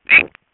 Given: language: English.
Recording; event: throat vibration sensor signal played as sound; swallow